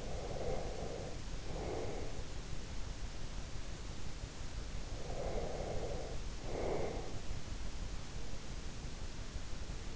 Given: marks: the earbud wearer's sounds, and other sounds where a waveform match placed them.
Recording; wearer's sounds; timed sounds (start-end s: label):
sounds in sleep by an in-ear microphone; breath
0.00-2.39 s: breath
4.82-7.42 s: breath